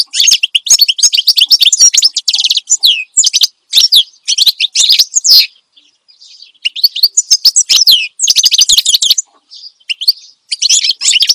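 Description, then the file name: Finch singing dense high twittering, quick chirps and buzzy trills, broken by short pauses before the phrases resume. Vigorous finch singing ('gacor dor'), recorded as suitable tutor audio for training songbirds ('masteran'). "Suara Kicauan Burung Finch Gacor Dor Cocok Untuk Masteran"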